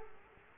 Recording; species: mosquito wingbeat signal from an infrared sensor; Culex quinquefasciatus